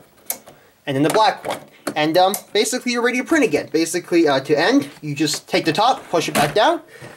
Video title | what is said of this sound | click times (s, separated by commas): How to Uninstall and Install Ink Cartridges on a HP Photosmart 6525 | the colors on top and now you would press it down you'll hear a click like this and | 0.3 s